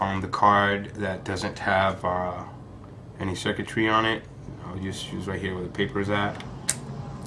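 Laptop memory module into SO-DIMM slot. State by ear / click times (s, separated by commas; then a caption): seated / 6.7 s. Someone talks while pressing the first (bottom) laptop RAM module down into its SO-DIMM slot, pushing on the paper label area away from the circuitry. At 6.7 s a sharp click sounds as the retaining clips latch and the module snaps into place, seated.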